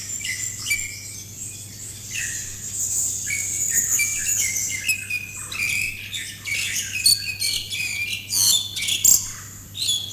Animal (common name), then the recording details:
Pied Myna. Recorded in captivity. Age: adult. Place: Zoo Berlin, Berlin, DE. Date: 2005-08-23 12:22. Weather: rain, 17°C. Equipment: Panasonic RQ-2102, Sennheiser ME 80, Kopie Uher 4000 Report Monitor. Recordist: Tembrock, Günter